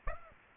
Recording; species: mosquito wingbeat signal from an infrared sensor; Aedes aegypti